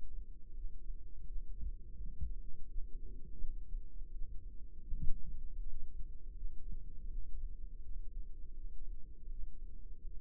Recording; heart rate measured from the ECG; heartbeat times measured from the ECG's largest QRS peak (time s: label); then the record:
heart sounds by microphone in the left ear; 82 bpm
0.53 s: heartbeat
1.25 s: heartbeat
1.96 s: heartbeat
2.67 s: heartbeat
3.38 s: heartbeat
4.10 s: heartbeat
4.84 s: heartbeat
5.59 s: heartbeat
6.33 s: heartbeat
7.07 s: heartbeat
7.81 s: heartbeat
8.53 s: heartbeat
9.28 s: heartbeat
10.03 s: heartbeat
From the record:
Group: healthy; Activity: cold pressor test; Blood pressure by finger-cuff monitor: 158/107 mmHg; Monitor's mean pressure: 127 mmHg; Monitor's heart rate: 82 bpm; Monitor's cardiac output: 4.8 L/min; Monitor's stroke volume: 58 mL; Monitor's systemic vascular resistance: 1980 dyn s/cm5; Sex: female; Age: 51 years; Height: 162 cm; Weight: 70.04 kg